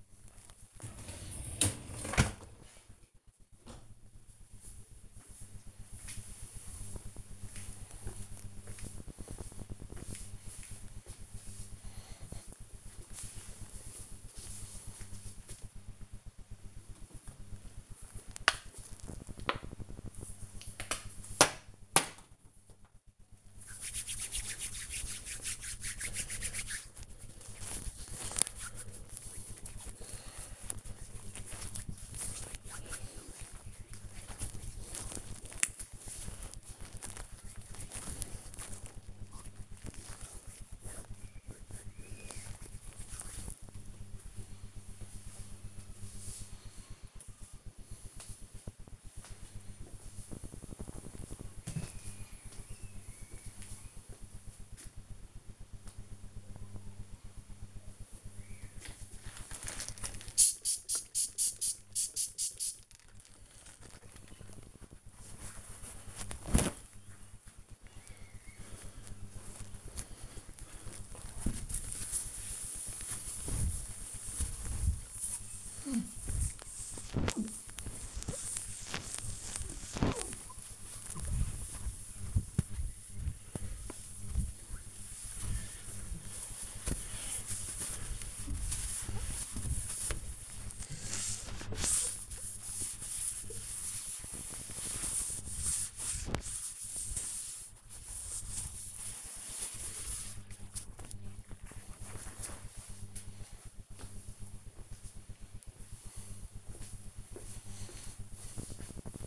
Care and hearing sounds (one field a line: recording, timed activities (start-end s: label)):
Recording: household activities, microphone on the right wrist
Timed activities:
0.00-2.40 s: cleaning out the dishwasher
16.46-43.56 s: cream hands
58.59-101.82 s: window cleaning